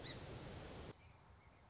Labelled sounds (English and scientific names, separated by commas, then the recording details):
Song Sparrow (Melospiza melodia)
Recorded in Sonoma County, California